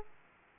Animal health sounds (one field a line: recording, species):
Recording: mosquito wingbeat signal from an infrared sensor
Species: Aedes aegypti